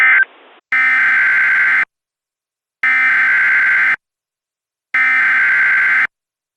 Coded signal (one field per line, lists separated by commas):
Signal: Emergency Alert System (SAME) tones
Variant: header bursts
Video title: EAS Reenactment Mock: Gas Fire in Grand Prairie, TX - Apr 18, 2020